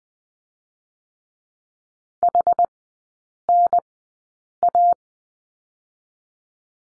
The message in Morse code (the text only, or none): HNA